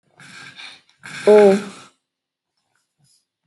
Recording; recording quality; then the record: sustained vowel as in boot; excellent, no background noise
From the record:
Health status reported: exposed to COVID-19, no respiratory illness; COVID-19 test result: not tested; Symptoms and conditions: cold, muscle pain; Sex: female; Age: 21 years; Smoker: not ticked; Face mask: not worn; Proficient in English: yes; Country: India